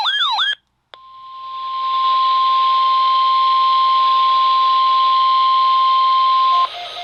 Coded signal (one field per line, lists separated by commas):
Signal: Emergency Alert System (SAME) tones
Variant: 1050 Hz attention tone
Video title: 8/18/2021 | Live Voice RWT on Wireless KXI94 [EAS #563]